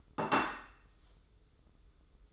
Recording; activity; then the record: daily activity, microphone in the room; place plate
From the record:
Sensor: 3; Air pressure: 995.2 hPa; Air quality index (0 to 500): 75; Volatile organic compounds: 5 ppm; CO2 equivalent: 1761 ppm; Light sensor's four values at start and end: 15/44/19/15 and 15/45/19/15